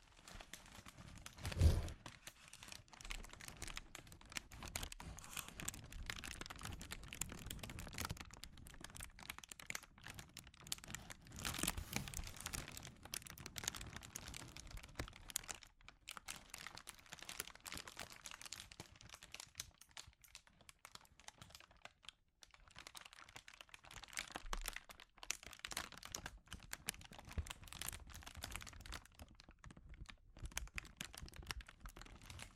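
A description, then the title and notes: Sensitive crinkling runs almost without pause for the whole stretch, a dense patter of soft, papery crackles and rustles. The texture shifts in waves, louder bursts near the start and around 12 seconds, with a brief quieter lull near 22 seconds. ASMR Sensitive Crinkles (No Talking).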